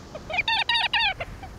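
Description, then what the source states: Whiskered Auklet calls: a rapid string of nasal, harmonic notes in several bursts, some falling slightly at the end. At dusk in the far western Aleutian Islands, Alaska; thousands of birds flying in to nest in cavities deep in rock crevices.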